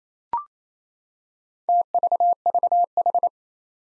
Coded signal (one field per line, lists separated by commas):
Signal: Morse code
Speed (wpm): 28 wpm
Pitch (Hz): 700 Hz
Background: none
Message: TVVH